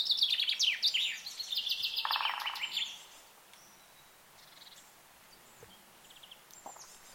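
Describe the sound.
Bird song: a loud chirping trill phrase at the start with a buzzy lower note, then quieter scattered chirps and faint calls.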